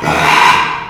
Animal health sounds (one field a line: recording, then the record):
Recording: squeal of a Yucatan mini pig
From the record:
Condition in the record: after surgery on the right vocal fold (resection and tissue-engineered implant)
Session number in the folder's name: 1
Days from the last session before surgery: 6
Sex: male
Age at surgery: 12 weeks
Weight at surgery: 13 kg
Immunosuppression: cyclosporine, prednisolone